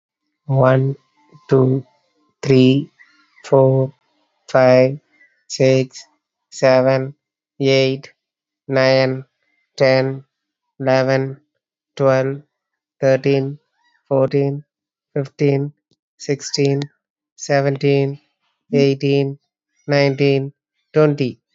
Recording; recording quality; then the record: counting at a normal pace; excellent, no background noise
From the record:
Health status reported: healthy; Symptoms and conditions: muscle pain, diabetes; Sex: male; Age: 36 years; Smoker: not ticked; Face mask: not worn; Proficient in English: yes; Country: India